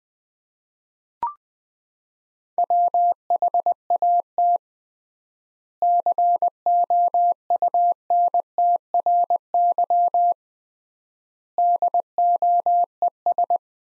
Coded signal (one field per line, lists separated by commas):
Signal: Morse code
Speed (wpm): 20 wpm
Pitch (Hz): 700 Hz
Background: none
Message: WHAT COUNTRY DOES